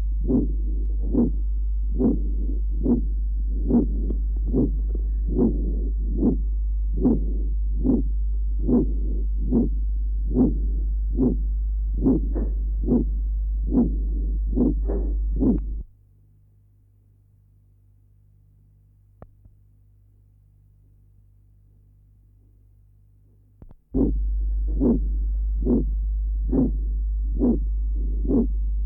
Patient has severe aortic stenosis. Recording taken at aortic area. The ejection systolic murmur in this area and the single second sound.